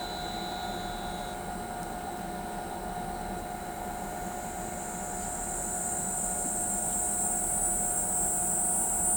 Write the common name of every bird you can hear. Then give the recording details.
none. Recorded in pastures near Pivijay, Magdalena, Colombia, on 16 April 2023 at 10:00. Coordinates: 10.456, -74.369. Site P6-G026